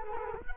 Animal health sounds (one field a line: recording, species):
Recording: mosquito wingbeat signal from an infrared sensor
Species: Culex quinquefasciatus